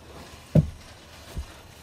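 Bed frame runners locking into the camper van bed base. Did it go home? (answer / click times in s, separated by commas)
yes / 0.6 s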